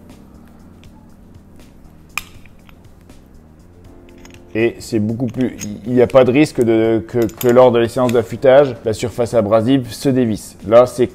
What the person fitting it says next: là c'est clipsé et maintenu en très légère force c'est juste ce qu'il faut pour bien faire